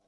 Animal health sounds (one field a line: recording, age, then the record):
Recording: pig call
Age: piglet (1 to 25 days)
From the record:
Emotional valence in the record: positive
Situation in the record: short reunion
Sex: male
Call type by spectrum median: low-frequency call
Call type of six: low-frequency stable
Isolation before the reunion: 3 minutes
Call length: 0.07 s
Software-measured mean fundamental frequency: 37 Hz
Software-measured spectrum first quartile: 530 Hz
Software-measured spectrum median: 1087 Hz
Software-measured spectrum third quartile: 7475 Hz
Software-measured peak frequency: 672 Hz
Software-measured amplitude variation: 60 dB a second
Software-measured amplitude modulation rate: 6.7 a second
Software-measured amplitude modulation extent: 8.9 dB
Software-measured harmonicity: 3.1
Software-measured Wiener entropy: -2.64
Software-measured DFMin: 565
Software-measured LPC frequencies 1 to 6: 648, 3845, 5699, 6864, 7835, 8882 Hz